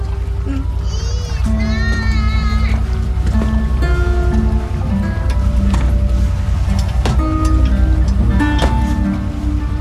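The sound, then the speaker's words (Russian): A small motor launch casts off and pulls away across the water, its engine a loud, steady low drone with churning splashes, while brief high whistling tones rise and fall early on. “Катер отчаливает.”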